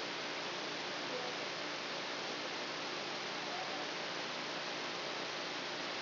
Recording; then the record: brain microelectrode recording played as sound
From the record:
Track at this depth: outside the subthalamic nucleus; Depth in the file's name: 7.004 mm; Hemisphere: left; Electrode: 2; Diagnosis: Parkinson's disease